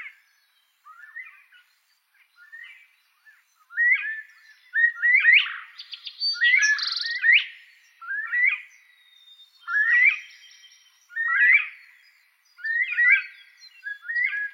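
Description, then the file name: Northern bobwhite giving a series of sharp, rising whistled notes, some with buzzy overtones, while a higher, harsher chatter sounds in the middle. "canto da perdiz da virginia"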